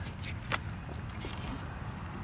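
A new molded plastic rear wiper blade is handled against the rear wiper arm of a 2007–2017 Ford Expedition, which is an SUV. Over a steady low background hum there are light scraping and handling sounds, with brief ticks near 0.3 s and a sharper tick near 0.5 s. Nothing has seated or clicked yet.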